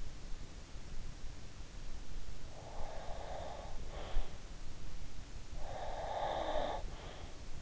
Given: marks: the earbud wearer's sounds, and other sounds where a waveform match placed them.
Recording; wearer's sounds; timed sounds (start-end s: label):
sounds in sleep by an in-ear microphone; breath, snoring breath
2.53-4.35 s: breath
5.57-7.39 s: snoring breath